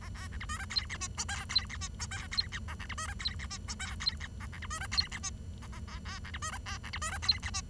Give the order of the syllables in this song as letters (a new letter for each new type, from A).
A B C D E F G H I J K G H I J K G H A C D E F G H I J K G H A C D E F G H I A A B B C D E F G H I E F G H I